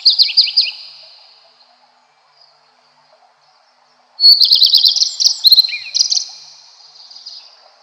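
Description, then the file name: Common Redstart singing, a phrase ending at the start, a quiet pause of about three seconds, then a fuller high twittering phrase with descending flourishes. "Golosa ptic - Gorihvostka lysushka"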